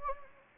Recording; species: mosquito wingbeat signal from an infrared sensor; Anopheles gambiae